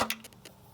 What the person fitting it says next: and it snaps right into place.